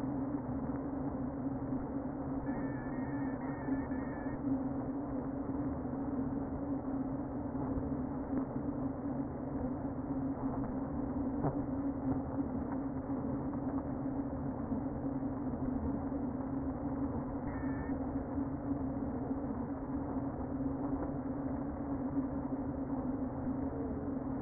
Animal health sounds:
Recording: honeybee colony, microphone inside the hive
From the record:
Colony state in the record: queen present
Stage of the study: before two queens were removed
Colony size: about 60,000 bees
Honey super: yes

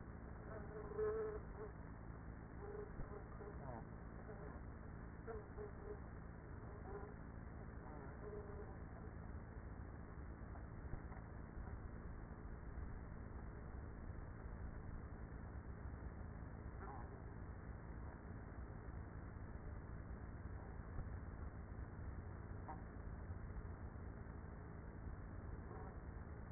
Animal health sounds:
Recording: honeybee colony, microphone inside the hive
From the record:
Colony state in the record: queenless with a low population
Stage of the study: after two queens were removed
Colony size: about 30,000 bees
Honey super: no

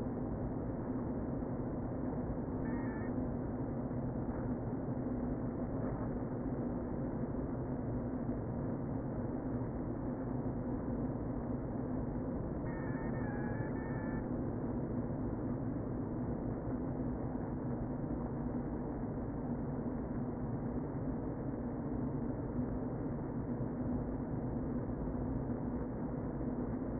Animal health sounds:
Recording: honeybee colony, microphone inside the hive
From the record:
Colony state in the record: queen present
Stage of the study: before two queens were removed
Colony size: about 60,000 bees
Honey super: yes

